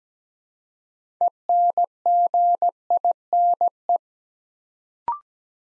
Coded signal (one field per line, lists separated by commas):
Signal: Morse code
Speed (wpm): 17 wpm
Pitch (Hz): 700 Hz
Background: none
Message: ENGINE